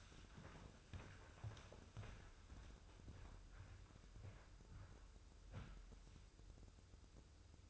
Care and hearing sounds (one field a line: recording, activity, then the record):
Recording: daily activity, microphone in the room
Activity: walk to room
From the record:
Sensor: 2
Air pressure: 995.5 hPa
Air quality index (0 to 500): 79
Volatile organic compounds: 3 ppm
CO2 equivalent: 1414 ppm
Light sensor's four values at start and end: 23/74/29/28 and 24/76/30/29